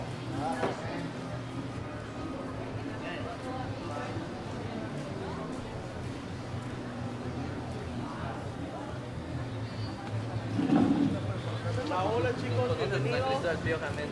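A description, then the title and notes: Walking down 5th Avenue in Playa del Carmen, a steady wash of crowd voices and chatter fills the scene, with a low traffic hum underneath. Individual voices rise briefly from the babble, and a louder burst of talk comes around eleven seconds. In this episode we are taking a stroll down the busy 5th avenue in Playa Del Carmen, Mexico. Walking Down 5th Avenue In Playa Del Carmen.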